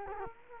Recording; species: mosquito wingbeat signal from an infrared sensor; Culex quinquefasciatus